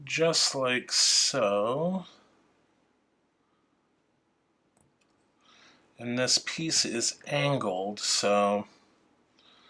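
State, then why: Not seated. An angled plastic engine piece for a scale model of the classic 1966 Batmobile is handled at the engine block assembly while someone talks. Faint handling ticks and small noises fill the quiet gap around 4.8 to 5.0 seconds. Nothing has seated or clicked into place yet.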